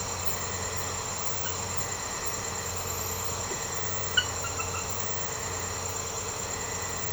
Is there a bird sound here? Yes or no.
no